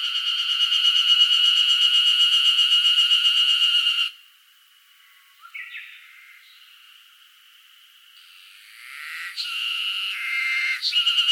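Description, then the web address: Cicada buzzing song, a loud pulsing drone about four beats per second that cuts off after four seconds, followed by quieter scattered buzzes and brief notes, then buzzing builds again toward the end. Northern Japan, summer. "Sound Effects-Foundation INSECT CICADA NORTHERN JAPAN SUMMER"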